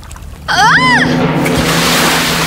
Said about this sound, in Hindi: ओह, खारा पानी। क्या मैं किसी तरह से समुद्र में गिर गई हूँ? अब एलिस को ये समझने में देर न लगी कि असल में ये उसके ही आंसू थे।